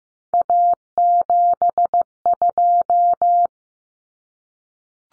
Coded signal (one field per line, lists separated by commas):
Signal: Morse code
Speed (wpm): 15 wpm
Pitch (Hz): 700 Hz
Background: none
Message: A72